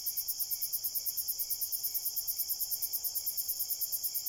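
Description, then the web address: Cricket chorus: very high, fast regular chirp pulses layered on continuous high-pitched insect buzzing, with nothing else clearly audible. Crickets at night in a cornfield. "Big Room Sound Crickets"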